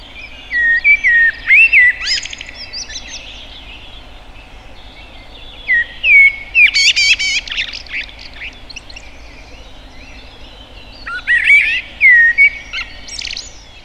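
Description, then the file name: Common blackbird delivering three song phrases about five seconds apart, each opening with rich fluty warbles and ending in a shrill, twittering squeak. "Turdus merula"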